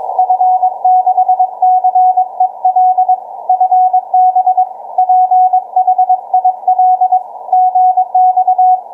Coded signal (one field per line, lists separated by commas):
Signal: Morse code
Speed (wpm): 21 wpm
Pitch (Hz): 740 Hz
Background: none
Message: F6CEL FB PHIL GX